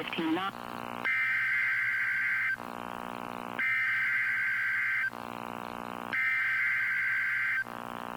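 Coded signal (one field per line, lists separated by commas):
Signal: Emergency Alert System (SAME) tones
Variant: header bursts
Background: speech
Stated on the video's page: Tornado Watch tones from weather radio station KHB40, issued by the Storm Prediction Center.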